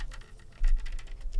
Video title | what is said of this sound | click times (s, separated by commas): HP Victus 15 (15-FB3093DX) LCD Screen Replacement Guide - DIY Laptop Repair | put your fingers in between and you'll hear a popping. Each one of those is a clip that | 0.1 s, 0.6 s, 0.8 s, 0.9 s, 1.0 s